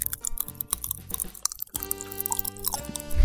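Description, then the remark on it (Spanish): Japanese Crazy Dips popping candy crackles in a mouth, a dense, irregular stream of tiny sharp pops and snaps mixed with wet mouth sounds, with a brief lull midway and no talking. “Las explosiones que genera esto. Coméntenos, pónganos comentarios si les gusta el ASMR de explosiones bucales.”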